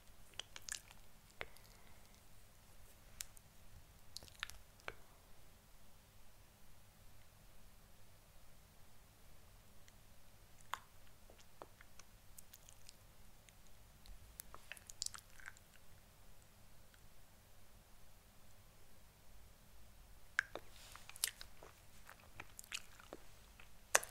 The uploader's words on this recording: Lipstick Application Tapping, Mouth Sounds.